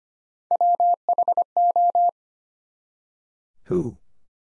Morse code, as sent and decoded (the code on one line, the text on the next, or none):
.-- .... ---
WHO